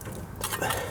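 A spark plug wire boot is pushed onto a spark plug in the seized engine of a 1978 Chevy truck, with faint handling noise at the start. It snaps on with a short click at 0.4 s, followed by a brief rattle. The boot is seated on the plug.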